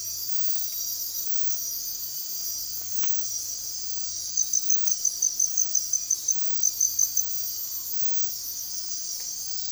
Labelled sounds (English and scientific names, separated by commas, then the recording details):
none
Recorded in dense forest near Puerto Asís, Putumayo, Colombia, on 13 March 2025 at 03:30
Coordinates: 0.503, -76.323
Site GP09